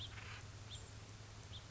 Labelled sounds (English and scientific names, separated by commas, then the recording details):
House Finch (Haemorhous mexicanus)
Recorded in Sonoma County, California